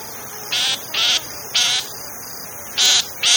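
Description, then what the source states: Loggerhead Shrike calls: short, harsh, buzzy notes repeated in an uneven series of about five, with steady background hiss. Call; if heard, look up and you may see this predator perched high above.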